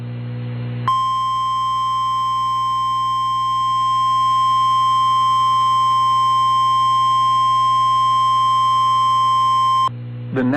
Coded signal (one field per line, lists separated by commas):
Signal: Emergency Alert System (SAME) tones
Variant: 1050 Hz attention tone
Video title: EAS Capture #4: Severe Thunderstorm Warning on Z93 93.3FM